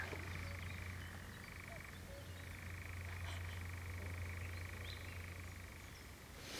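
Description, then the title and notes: European nightjar churring: a long continuous purring trill with a brief change in pitch, over a steady low hum and faint background noise, ending in a rustle. "Nachtzwaluw. by Omroep Gelderland"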